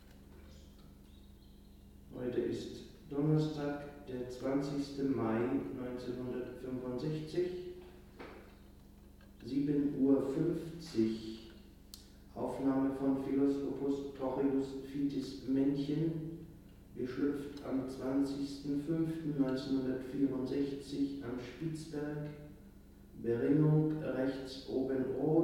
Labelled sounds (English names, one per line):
Willow Warbler